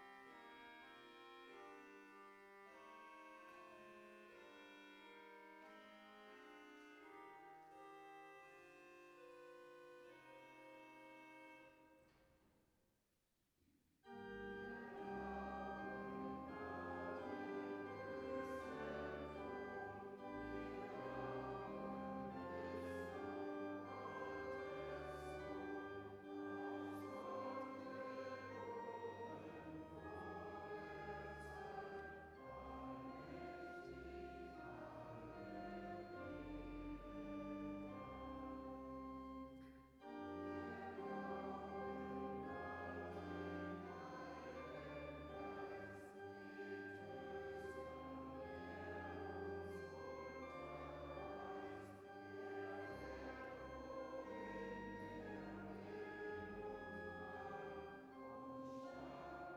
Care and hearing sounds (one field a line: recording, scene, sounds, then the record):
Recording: everyday scene through a hearing-aid microphone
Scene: reverberant space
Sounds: music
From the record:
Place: church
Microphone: behind the ear, right, rear